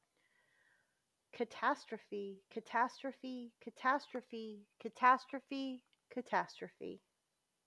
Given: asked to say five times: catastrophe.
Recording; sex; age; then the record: repeated word; female; 30 to 39 years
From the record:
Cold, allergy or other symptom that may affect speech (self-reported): no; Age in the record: 39 years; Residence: Texas, United States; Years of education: 16